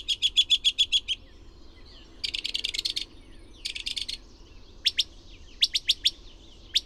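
Bird song: fast trilled bursts and a dense buzzy rattle, followed by sharp isolated ticking notes.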